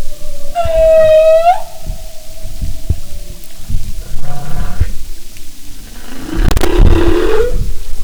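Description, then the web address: Humpback whale sounds: a clear harmonic tonal cry, a faint pulsed moan, then a rough rising groan with a sharp click, amid low underwater crackling. "Sound and Marine Mammals humpback"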